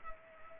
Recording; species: mosquito wingbeat signal from an infrared sensor; Culex pipiens